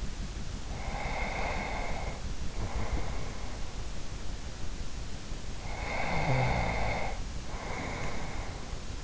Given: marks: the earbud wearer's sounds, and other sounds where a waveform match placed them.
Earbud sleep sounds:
sounds in sleep by an in-ear microphone; breath, snoring breath
0.64-3.94 s: breath
5.56-9.04 s: snoring breath

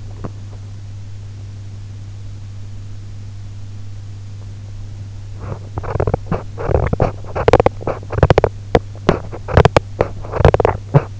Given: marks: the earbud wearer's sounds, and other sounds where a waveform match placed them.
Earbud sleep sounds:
sounds in sleep by an in-ear microphone; teeth grinding
0.00-1.00 s: teeth grinding
5.61-11.20 s: teeth grinding

